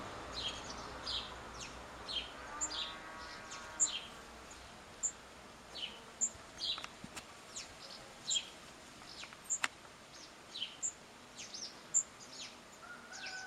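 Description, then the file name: House sparrow chirps repeated at an uneven pace, mixed with a brief buzzy harmonic sound early on and a few sharp clicks over a quiet hiss. "Passer domesticus"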